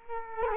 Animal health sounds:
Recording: mosquito wingbeat signal from an infrared sensor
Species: Culex quinquefasciatus

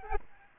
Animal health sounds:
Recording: mosquito wingbeat signal from an infrared sensor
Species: Aedes albopictus

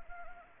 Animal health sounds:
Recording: mosquito wingbeat signal from an infrared sensor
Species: Anopheles gambiae

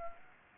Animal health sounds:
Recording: mosquito wingbeat signal from an infrared sensor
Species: Anopheles gambiae

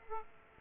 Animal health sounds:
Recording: mosquito wingbeat signal from an infrared sensor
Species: Aedes aegypti

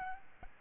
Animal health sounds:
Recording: mosquito wingbeat signal from an infrared sensor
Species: Aedes albopictus

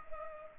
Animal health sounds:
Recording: mosquito wingbeat signal from an infrared sensor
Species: Culex pipiens

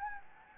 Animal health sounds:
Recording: mosquito wingbeat signal from an infrared sensor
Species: Anopheles gambiae

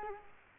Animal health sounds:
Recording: mosquito wingbeat signal from an infrared sensor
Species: Culex quinquefasciatus

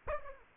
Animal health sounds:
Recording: mosquito wingbeat signal from an infrared sensor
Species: Aedes aegypti

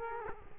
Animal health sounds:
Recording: mosquito wingbeat signal from an infrared sensor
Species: Culex quinquefasciatus

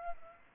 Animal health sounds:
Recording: mosquito wingbeat signal from an infrared sensor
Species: Aedes aegypti

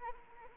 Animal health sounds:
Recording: mosquito wingbeat signal from an infrared sensor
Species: Anopheles arabiensis

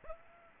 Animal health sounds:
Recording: mosquito wingbeat signal from an infrared sensor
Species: Aedes aegypti

